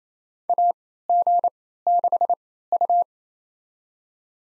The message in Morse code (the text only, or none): AG6U